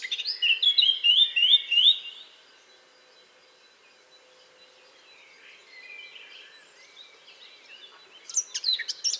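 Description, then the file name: Eurasian blackcap song: a two-second run of quick repeated whistled notes, then a long quiet stretch with faint warbling, ending with a short burst of sharp notes. "Sylvia atricapilla"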